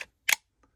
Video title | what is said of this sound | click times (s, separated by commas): Top 5 Favorite Fixies‼️🔥🔪 Open Tag Response to @singingtoad | two clicks and it's in always remember that it ain't all the way in if you ain't got the second click | 0.0 s, 0.3 s